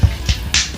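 The last part of a plastic Siege Voyager Class Springer transforming figure is pushed down so its two tabs slot into matching slots on the body, finishing its sports car / Cybertronian race car mode. A softer tap sounds at 0.3 s, then a sharp, bright click at 0.5 s as the tabs seat in place.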